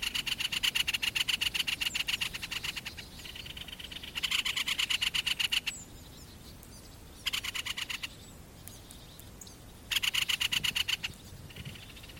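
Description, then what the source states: Great spotted woodpecker giving harsh rattles, several bursts of rapid dry clicks separated by short quieter gaps. Rattling chatter call, termed räksytys in Finnish.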